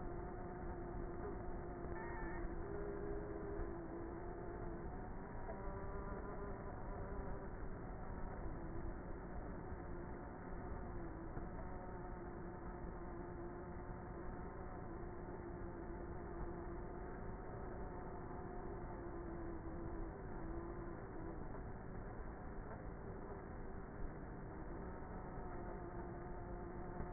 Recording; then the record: honeybee colony, microphone inside the hive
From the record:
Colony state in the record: queenless with a low population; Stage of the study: before two queens were removed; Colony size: about 30,000 bees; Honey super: no